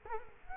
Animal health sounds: mosquito wingbeat signal from an infrared sensor; Culex quinquefasciatus

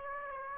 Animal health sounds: mosquito wingbeat signal from an infrared sensor; Aedes aegypti

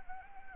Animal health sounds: mosquito wingbeat signal from an infrared sensor; Anopheles arabiensis

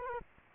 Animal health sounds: mosquito wingbeat signal from an infrared sensor; Culex quinquefasciatus

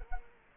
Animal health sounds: mosquito wingbeat signal from an infrared sensor; Culex quinquefasciatus

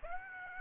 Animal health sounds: mosquito wingbeat signal from an infrared sensor; Aedes aegypti

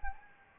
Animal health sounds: mosquito wingbeat signal from an infrared sensor; Anopheles gambiae

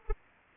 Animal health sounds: mosquito wingbeat signal from an infrared sensor; Anopheles arabiensis

